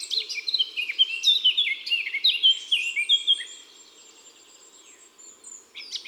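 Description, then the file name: Eurasian blackcap song: a quick three-second stream of varied warbling notes, fading into faint twittering and a brief final note. Woods and forests. "Fauvette a tete noire Chants doiseaux des bois et des forets"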